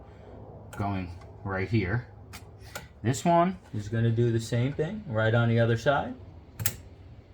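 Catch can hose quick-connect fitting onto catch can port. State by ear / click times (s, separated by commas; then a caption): seated / 6.7 s. A shorter catch can hose's quick-connect fitting is pushed onto the fitting on the other side of a UPR catch can on a C8 Corvette while someone talks. A sharp click at 6.7 seconds marks the fitting seating onto the catch can port.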